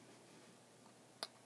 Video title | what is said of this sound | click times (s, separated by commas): Maketoys TRASH-TALK and COGWHEEL (aka Swerve and Gears) | until it clicks all the way in. | 1.2 s